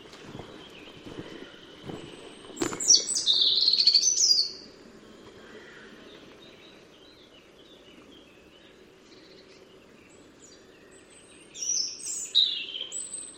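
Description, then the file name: A robin sings a high, jangling phrase of quick sliding notes, then a long pause before another burst; a few dull thumps and knocks come first, with low hum throughout. "Erithacus rubecula"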